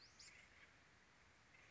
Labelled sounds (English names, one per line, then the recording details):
Western Flycatcher
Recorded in Sonoma County, California